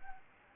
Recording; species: mosquito wingbeat signal from an infrared sensor; Anopheles arabiensis